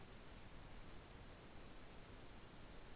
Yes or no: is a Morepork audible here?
no